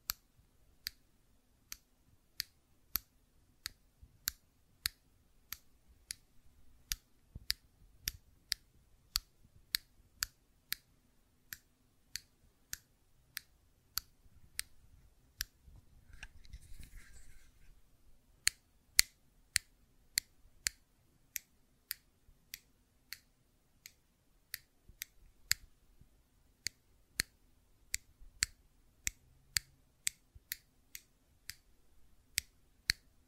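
Fidget cube clicks snap out sharply at a quick, fairly regular pace, with a brief scratchy rustle near seventeen seconds and a faint low hum.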